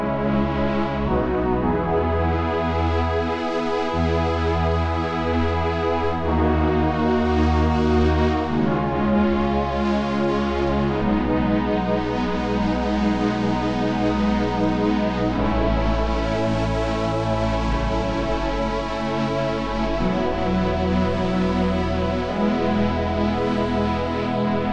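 Synthesizer pad demo: thick sustained chords with a deep, steady bass underneath, changing roughly every two to four seconds. Upper tones shimmer and ripple slightly, giving gentle movement, while the level stays loud and even throughout.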